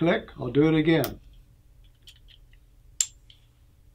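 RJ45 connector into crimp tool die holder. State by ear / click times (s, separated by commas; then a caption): seated / 3.0 s. Someone talks, then an RJ45 plug is pushed into the die of a crimp tool a second time to show how it latches. After a few faint ticks, a sharp click sounds at 3.0 s. The connector locks into the die and stays in place without being held.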